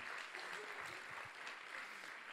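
Steady audience applause, a dense wash of many hands clapping at an even, fairly loud level throughout, with a faint murmur of voices underneath.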